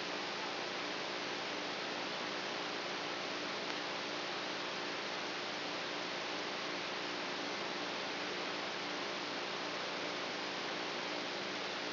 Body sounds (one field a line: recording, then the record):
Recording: brain microelectrode recording played as sound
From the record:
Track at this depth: outside the subthalamic nucleus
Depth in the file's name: 0.089 mm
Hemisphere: right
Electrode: 3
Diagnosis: Parkinson's disease